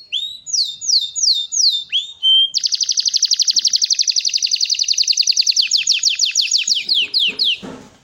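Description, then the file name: Belgian canary song, loud and clear: a few downward slurred notes, then a fast even rolled trill lasting about three seconds, slowing into sweeping notes at the end. Copper-coloured Belgian canary. "canto do canario belga cobre"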